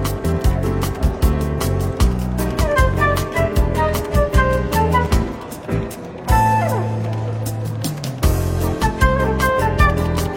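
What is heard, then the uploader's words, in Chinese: Relaxed jazz fills the café, with a steady, regular beat, a busy bass line and bright melodic notes on top. Around six seconds the beat drops out under a long, held low note and a sliding tone, then the groove returns near eight seconds. 伦敦书店咖啡馆轻微喧闹氛围与柔和轻松的爵士背景音乐。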